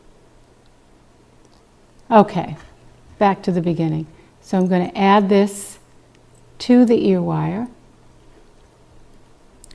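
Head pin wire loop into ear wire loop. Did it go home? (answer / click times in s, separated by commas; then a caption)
yes / 9.6 s. A metal head pin loop holding a crystal is pushed into the loop of an ear wire for a three-tiered earring. Someone talks for most of the clip, then a short, sharp click is heard at 9.6 s. The wire loop seats in the ear wire loop.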